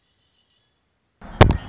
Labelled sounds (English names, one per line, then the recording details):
Red-winged Blackbird
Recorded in Sonoma County, California